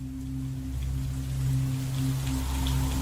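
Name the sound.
rain falling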